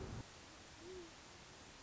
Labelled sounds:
Great Horned Owl (Bubo virginianus)
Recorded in Sonoma County, California

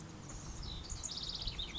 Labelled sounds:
House Wren (Troglodytes aedon)
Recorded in Sonoma County, California

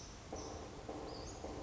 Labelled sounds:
Western Flycatcher (Empidonax difficilis)
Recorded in Sonoma County, California

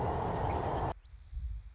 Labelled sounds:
Anna's Hummingbird (Calypte anna)
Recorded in Sonoma County, California

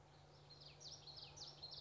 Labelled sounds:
Common Yellowthroat (Geothlypis trichas)
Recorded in Sonoma County, California

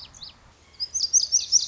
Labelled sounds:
Lazuli Bunting (Passerina amoena)
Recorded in Sonoma County, California

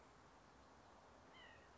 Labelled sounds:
White-breasted Nuthatch (Sitta carolinensis)
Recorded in Sonoma County, California

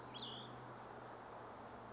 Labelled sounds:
Cassin's Vireo (Vireo cassinii)
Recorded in Sonoma County, California

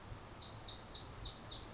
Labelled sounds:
Lazuli Bunting (Passerina amoena)
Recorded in Sonoma County, California

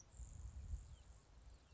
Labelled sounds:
Grasshopper Sparrow (Ammodramus savannarum)
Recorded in Sonoma County, California

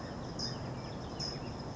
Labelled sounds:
California Towhee (Melozone crissalis)
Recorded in Sonoma County, California

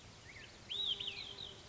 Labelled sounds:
Olive-sided Flycatcher (Contopus cooperi)
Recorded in Sonoma County, California

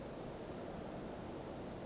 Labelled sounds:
Western Flycatcher (Empidonax difficilis)
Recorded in Sonoma County, California

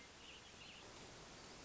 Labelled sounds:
Hermit Thrush (Catharus guttatus)
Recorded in Sonoma County, California

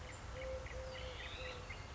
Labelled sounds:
Eurasian Collared Dove (Streptopelia decaocto)
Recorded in Sonoma County, California

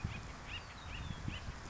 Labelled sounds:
Acorn Woodpecker (Melanerpes formicivorus)
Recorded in Sonoma County, California

